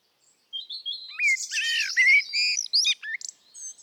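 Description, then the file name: Common blackbird song: a continuous run of high, varied twittering and squeaky notes with a few lower whistled slurs mixed in, lasting about three seconds. "Turdus merula"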